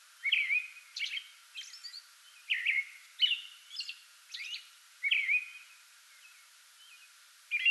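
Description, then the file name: American robin singing short whistled caroling phrases mixed with thin high squeaky notes, in uneven bursts with brief pauses between groups. Pre-dawn song bout recorded 8 May 2022. "2022-05-08 American Robin pre-dawn song bout"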